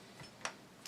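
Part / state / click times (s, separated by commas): bolt carrier into rifle upper receiver rails / not seated / none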